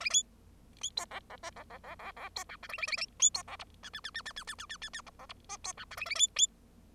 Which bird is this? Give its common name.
Bengalese Finch